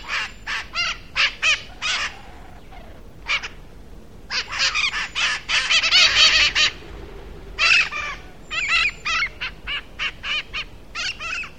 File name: mitred parakeet